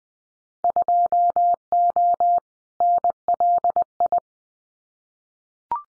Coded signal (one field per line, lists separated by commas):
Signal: Morse code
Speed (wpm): 20 wpm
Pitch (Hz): 700 Hz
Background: none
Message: 2O NLI